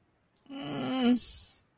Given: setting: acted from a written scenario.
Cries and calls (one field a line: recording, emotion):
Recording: vocal sound without words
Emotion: neutral